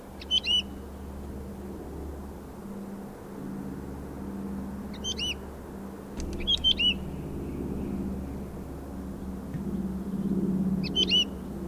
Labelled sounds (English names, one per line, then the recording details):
Wood Lark call
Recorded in the wild
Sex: male
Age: adult
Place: Erlangen, Bayern, DE
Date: 1965-05-01
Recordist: Tretzel, Erwin